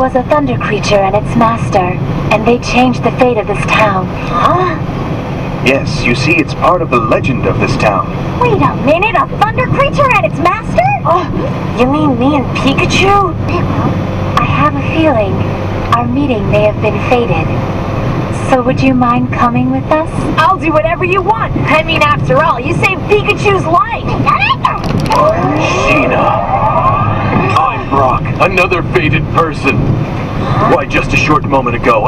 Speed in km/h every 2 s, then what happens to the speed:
103, 103, 103, 104, 105, 106, 108, 109, 110, 111, 111, 111, 111, 112, 111, 111.
0-32 steady at about 109.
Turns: none.